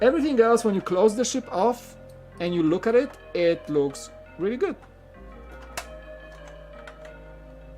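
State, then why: Seated. Someone talks over quiet background music while closing the hinged plastic hull panels of a finished LEGO Star Wars Razor Crest 75292 brick-built spaceship model. After the talking stops, the panels snap shut into place with a sharp click at 5.8 s and a softer one at 6.9 s.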